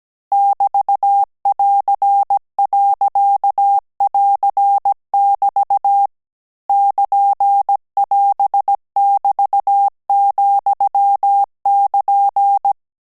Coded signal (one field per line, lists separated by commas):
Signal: Morse code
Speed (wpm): 17 wpm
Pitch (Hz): 800 Hz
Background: none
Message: <BT><AR>.<AR><BT> <KN><AS><BT>,<KN>